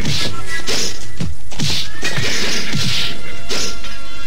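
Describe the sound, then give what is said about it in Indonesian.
An agitated horse in a village, with large snakes creeping toward it, stamps its hooves, making a loud, uneven run of heavy thuds and scraping crashes about every half second, with sharp hissing bursts between strikes and no talking. “Beberapa ular besar merayap mendekati kudamu.”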